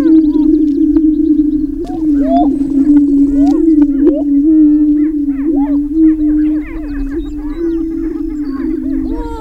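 Greater prairie chicken booming chorus, a steady low droning hum throughout, overlaid by many short rising and falling cackles and whoops from several birds.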